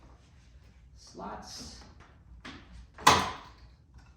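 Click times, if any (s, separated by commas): 3.1 s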